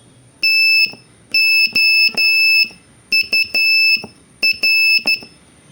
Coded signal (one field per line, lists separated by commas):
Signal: Morse code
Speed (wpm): 12 wpm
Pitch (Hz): 2650 Hz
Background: none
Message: TOUR